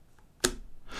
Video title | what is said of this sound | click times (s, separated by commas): iPhone 13 Mini Tempered Glass Screen Protector by ESR | yeah, so there's a slight little click there. | 0.5 s